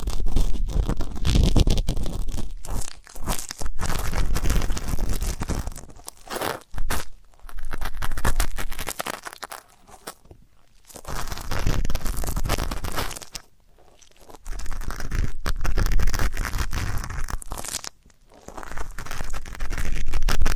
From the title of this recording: ASMR 3D Deep Ear Canal & Eardrum Cleaning